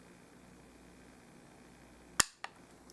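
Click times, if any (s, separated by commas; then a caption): 2.2 s. The hammer of a Henry .22 lever-action rifle is lowered all the way down, then pulled back until it catches in the half-cock notch of the action. After low background hum, a sharp metallic click at 2.2 s marks the hammer seating at half-cock, followed by a softer secondary tick at about 2.5 s.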